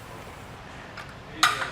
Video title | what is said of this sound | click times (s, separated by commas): etrailer - DIY Install: Yakima EXO SwingBase Swing Away Hitch Extender on your 2021 Toyota 4Runner | There we go, everything's locked back in, and I can replace that pin and hand knob | 1.4 s